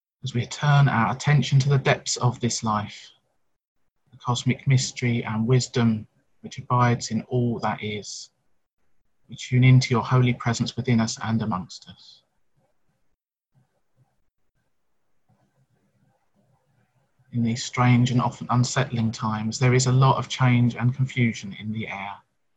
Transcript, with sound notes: as we turn our attention to the depths of this life –
the cosmic mystery and wisdom that abides in All-That-Is –
we tune in to your Holy presence within us and amongst us. [pause]
In these strange and often unsettling times,
there is a lot of change and confusion in the air,